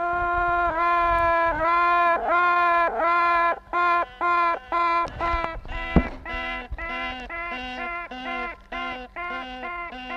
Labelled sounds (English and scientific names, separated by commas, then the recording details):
Honey Bee (Apis mellifera)
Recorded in captivity
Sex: female
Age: imago
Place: Zoologisches Institut der HUB, Berlin, DE
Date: 1964-06-16 19:30
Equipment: BG 26/1, Grundig-Mikrofon
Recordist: Tembrock, Günter